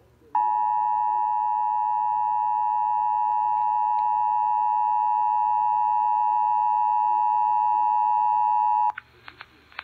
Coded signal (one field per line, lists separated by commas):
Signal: Emergency Alert System (SAME) tones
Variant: 853 and 960 Hz attention tone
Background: speech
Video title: 2020 North Anna Q2 Siren Test from WBQB(EAS 90)